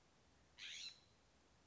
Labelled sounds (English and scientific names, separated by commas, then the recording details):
California Scrub-Jay (Aphelocoma californica)
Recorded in Sonoma County, California